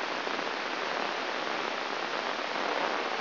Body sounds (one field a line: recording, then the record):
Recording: brain microelectrode recording played as sound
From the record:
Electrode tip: inside the subthalamic nucleus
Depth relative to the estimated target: 1 mm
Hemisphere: right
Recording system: AlphaMap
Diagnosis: Parkinson's disease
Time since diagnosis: 24 years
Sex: male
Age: 67 years